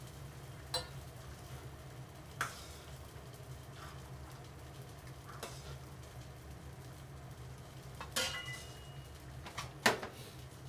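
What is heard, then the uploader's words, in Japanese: Kitchen sounds after washing up, with shrimp soba being made. A steady low hum and soft hiss run throughout, broken by sharp clinks of dishes or utensils every couple of seconds, the loudest near the end. 洗い物の後はえびそば。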